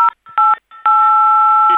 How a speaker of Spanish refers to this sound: Dejemos a Coelho y dejen de tocar los botones del teléfono. Nos estamos bombardeando.